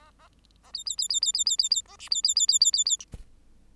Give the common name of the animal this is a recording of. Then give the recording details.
Bengalese Finch. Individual Bird8